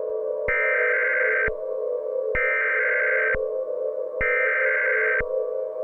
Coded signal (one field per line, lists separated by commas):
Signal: Emergency Alert System (SAME) tones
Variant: header bursts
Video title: Nevada Occurrence (EAS Scenario)